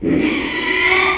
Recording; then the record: squeal of a Yucatan mini pig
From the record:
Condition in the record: after surgery on the right vocal fold (resection and tissue-engineered implant); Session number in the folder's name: 2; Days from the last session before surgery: 13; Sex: male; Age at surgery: 12 weeks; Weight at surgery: 13 kg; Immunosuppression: cyclosporine, prednisolone